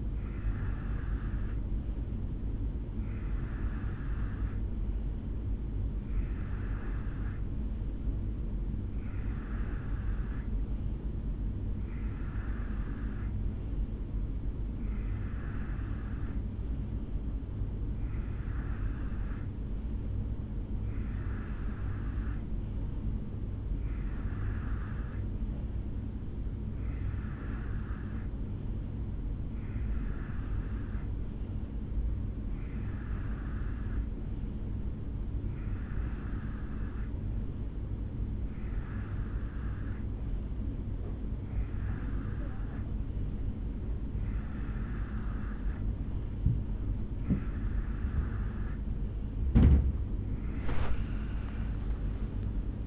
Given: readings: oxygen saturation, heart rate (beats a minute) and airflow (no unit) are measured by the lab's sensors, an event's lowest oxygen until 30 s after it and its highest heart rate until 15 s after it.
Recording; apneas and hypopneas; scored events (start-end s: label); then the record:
breathing in sleep by a smartphone at the bedside; none
none scored
From the record:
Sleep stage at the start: N2 (light sleep); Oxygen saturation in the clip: 89 to 91%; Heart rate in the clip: 63 to 69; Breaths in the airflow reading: 18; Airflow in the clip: -4.3 to 2.6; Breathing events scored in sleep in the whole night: 449 in 7.0 hours asleep